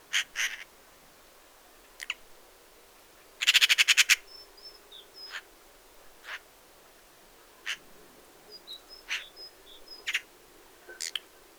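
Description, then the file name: Eurasian magpie giving a loud, fast rattling chatter, then spaced single harsh calls, while small birds add short high whistled notes in the background. "Pica pica"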